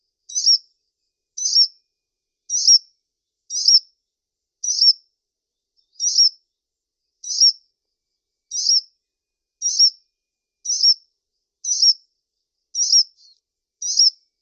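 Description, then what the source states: Brown-throated sunbird repeating a single high, sharp chip about once a second in a fairly steady series. Local Indonesian name Kolibri Kelapa; described as gacor, meaning actively and persistently singing.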